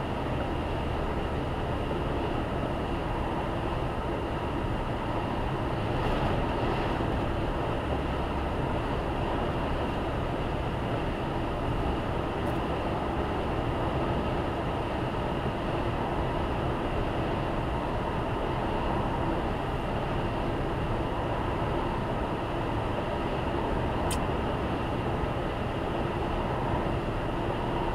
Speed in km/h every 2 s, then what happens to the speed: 108, 108, 106, 107, 109, 111, 112, 111, 112, 112, 112, 112, 112, 112.
0-28 steady at about 111.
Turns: none.